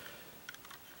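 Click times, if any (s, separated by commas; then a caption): 0.5 s. The collapsible plastic frame of a McFarlane Toys The X-Files toy morgue stretcher is retracted until it locks in position, giving a sharp click at 0.5 s followed by a few smaller clicks and rattles. The frame does lock into place, but not firmly, since it is only a plastic frame.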